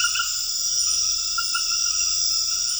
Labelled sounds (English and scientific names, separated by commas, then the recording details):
none
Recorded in dense forest near Puerto Asís, Putumayo, Colombia, on 4 March 2025 at 20:30
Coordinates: 0.484, -76.325
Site G045